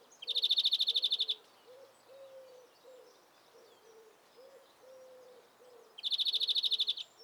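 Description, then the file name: European greenfinch calls in fast, dry, buzzy trills about a second long, given twice, with a soft series of low hooting notes in between. "Chloris chloris"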